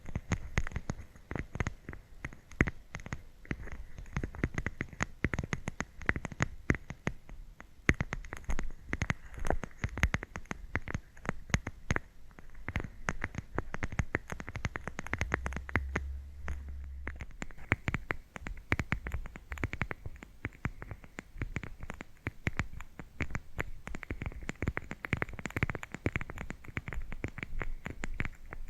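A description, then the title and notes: Scratching and tapping go on in a dense, irregular stream of sharp clicks and scrapes for the whole half minute, with no pause. A low hum swells briefly around fifteen to seventeen seconds, and a faint thin whine runs high above throughout. Scratching & Tapping Triggers. (NO TALKING).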